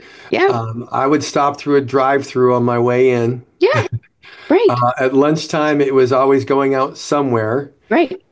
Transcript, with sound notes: I would stop through a drive-through on my way in. (laughs)
Yeah. Right.
Uh, at lunchtime, it was always going out somewhere.
Right.